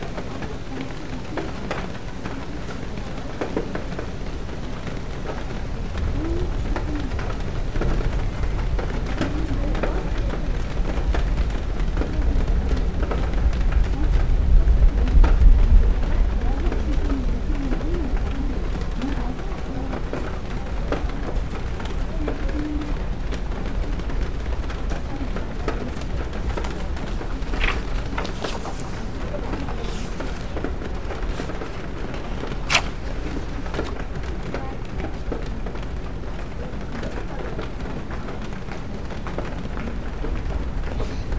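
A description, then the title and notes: Rain patters on a bookstore window in a steady, soft wash, with scattered sharp taps and drips throughout. A low rumble swells between about six and sixteen seconds, like something passing outside, while faint indistinct voices murmur in the background. Rainy Bookstore Cafe Ambience. Rain patters on the bookstore window on a peaceful afternoon.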